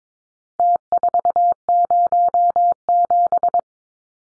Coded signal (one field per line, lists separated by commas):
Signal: Morse code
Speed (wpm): 22 wpm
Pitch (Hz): 700 Hz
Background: none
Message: T407